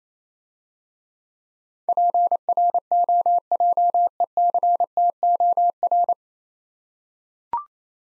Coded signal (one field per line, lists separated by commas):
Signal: Morse code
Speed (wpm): 27 wpm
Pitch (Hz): 700 Hz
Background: none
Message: PROJECTOR